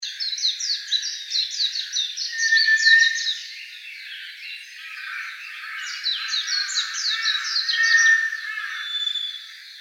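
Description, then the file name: White's thrush whistle: a thin, level note heard twice, about five seconds apart, through a dense chorus of rapid, chattering chirps. Recorded 10 April 2013 at 05:37. "toratugumi 20130410 0537"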